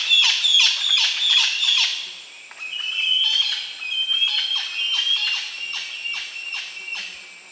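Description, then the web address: Bird song: a rapid series of sharp clicking notes mixed with high, thin whistles, several notes each second, with a brief pause after about two seconds. Recorded on 8 September 2010. "chants 20100908"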